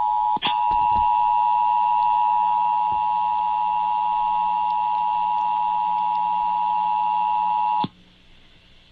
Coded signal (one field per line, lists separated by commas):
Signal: Emergency Alert System (SAME) tones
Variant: 853 and 960 Hz attention tone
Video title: 24 YEARS OF LIVING... EAS Tests from August 2024 (EAS #4,964 - 4,976)